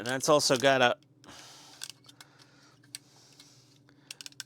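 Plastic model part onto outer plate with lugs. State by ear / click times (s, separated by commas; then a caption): seated / 3.0 s, 4.4 s. Someone talks briefly, then a plastic shoulder part with alignment lugs from the Agora Models Generation 1 Optimus Prime Transformers partwork kit (pack 2) is pressed onto the outer plate amid soft handling noise. It snaps in with sharp positive clicks at about 3.0 s and 4.4 s, and the part is seated.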